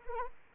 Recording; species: mosquito wingbeat signal from an infrared sensor; Anopheles arabiensis